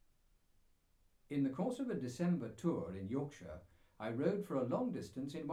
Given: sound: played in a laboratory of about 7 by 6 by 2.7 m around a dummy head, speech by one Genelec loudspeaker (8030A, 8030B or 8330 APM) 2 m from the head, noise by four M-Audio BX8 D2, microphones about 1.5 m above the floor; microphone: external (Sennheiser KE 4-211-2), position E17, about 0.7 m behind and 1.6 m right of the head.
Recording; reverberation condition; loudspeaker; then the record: male speech in English; low; 60 degrees to the right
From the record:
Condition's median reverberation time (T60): about 310 ms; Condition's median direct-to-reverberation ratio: about 3.5 dB